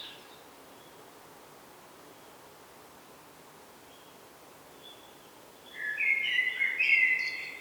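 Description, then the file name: Common blackbird, one brief warbling phrase with a high twitter near the end after several seconds of near silence. "Turdus merula"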